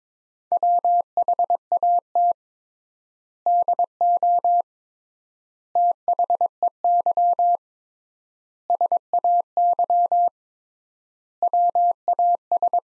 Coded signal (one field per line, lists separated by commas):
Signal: Morse code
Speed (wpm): 22 wpm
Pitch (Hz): 700 Hz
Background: none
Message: WHAT DO THEY SAY WAS